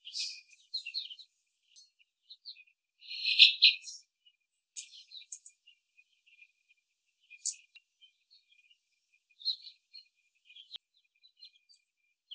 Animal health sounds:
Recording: young laying hens in a cage, short pieces joined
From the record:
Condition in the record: before the stressor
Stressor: simulated dog barking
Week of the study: 3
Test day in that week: 1

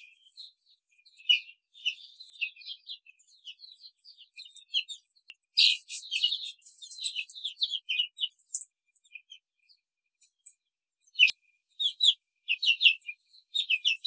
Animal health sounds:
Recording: young laying hens in a cage, short pieces joined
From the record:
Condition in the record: control cage, before the stress test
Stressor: none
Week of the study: 4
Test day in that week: 3

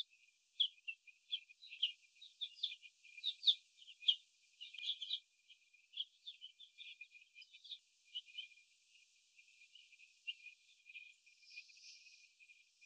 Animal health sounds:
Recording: young laying hens in a cage, short pieces joined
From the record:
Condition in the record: after the stressor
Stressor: sudden umbrella opening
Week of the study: 2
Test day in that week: 1

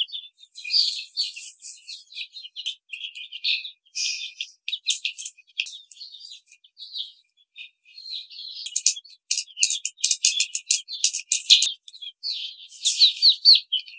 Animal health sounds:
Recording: young laying hens in a cage, short pieces joined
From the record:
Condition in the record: before the stressor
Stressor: simulated dog barking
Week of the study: 5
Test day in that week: 1

